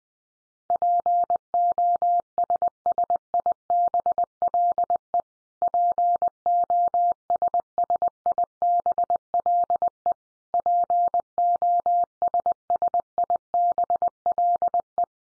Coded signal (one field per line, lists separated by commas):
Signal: Morse code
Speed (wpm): 20 wpm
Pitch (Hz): 700 Hz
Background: none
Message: POSSIBLE POSSIBLE POSSIBLE